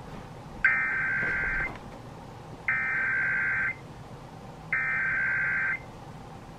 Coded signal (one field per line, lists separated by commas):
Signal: Emergency Alert System (SAME) tones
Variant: header bursts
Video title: EAS#29 2019 National Periodic Test